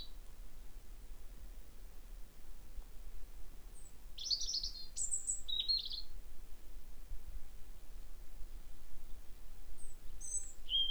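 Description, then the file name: European robin giving short, high, jumbled phrases of thin warbling notes around the middle, with a few high notes near the end over low steady background hum. "Erithacus rubecula"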